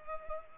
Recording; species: mosquito wingbeat signal from an infrared sensor; Culex pipiens